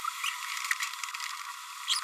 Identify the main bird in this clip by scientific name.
Forpus passerinus